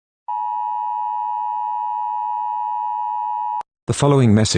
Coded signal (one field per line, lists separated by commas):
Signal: Emergency Alert System (SAME) tones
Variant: 853 and 960 Hz attention tone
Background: speech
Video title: EAS Scenario #23: British National Party Putsch.